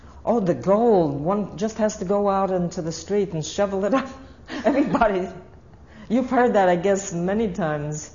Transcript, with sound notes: oh the gold, one just had to go out into the street and shovel it out. (She laughs.) Anybody. You've heard that, I guess, many times.